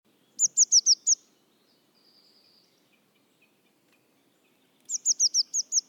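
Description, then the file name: Eurasian blue tit calling in rapid runs of high, sharp, falling notes, first five then several more in a row, over a quiet background. "Cyanistes caeruleus"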